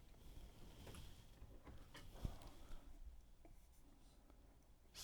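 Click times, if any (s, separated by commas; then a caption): none. During reassembly of a liquid-damaged 2019 MacBook Pro A2141, an internal connector or cable is pressed by hand toward the laptop logic board, giving only faint small taps and light rubbing. The connector fails to click in, and nothing has seated or clicked yet.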